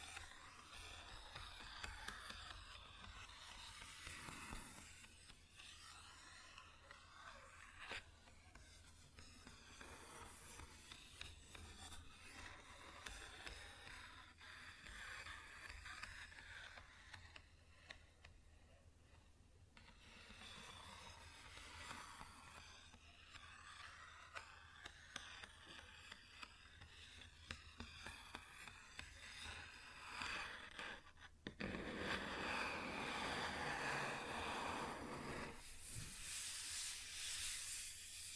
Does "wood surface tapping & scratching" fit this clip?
yes